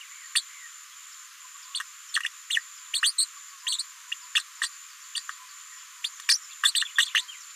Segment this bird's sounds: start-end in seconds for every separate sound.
0.35-0.42, 1.74-1.83, 2.13-2.29, 2.50-2.61, 2.93-3.12, 3.18-3.27, 3.66-3.83, 4.11-4.15, 4.35-4.43, 4.61-4.69, 5.15-5.21, 6.04-6.09, 6.28-6.38, 6.63-6.71, 6.74-6.88, 7.14-7.23